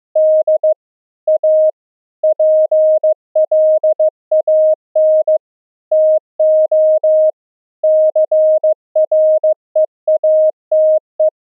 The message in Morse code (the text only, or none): D A PLAN TO CREATE